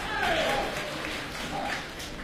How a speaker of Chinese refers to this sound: 谢谢现场所有热情的观众，您这么稀稀拉拉的掌声，谢谢大家。